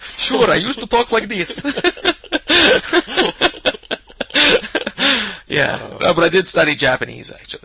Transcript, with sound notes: Sure, I used to talk like this. (laughter) Yeah, but I did study Japanese actually so.